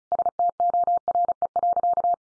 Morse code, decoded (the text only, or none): STORE.